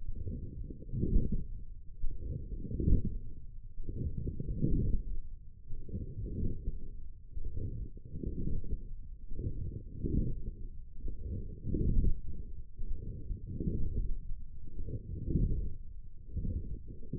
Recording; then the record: forearm muscle sounds (acoustic myography)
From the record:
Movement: forearm pronation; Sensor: system 1, eight BSWA MPA416 microphones around the upper forearm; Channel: 3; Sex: male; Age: 21 years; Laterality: right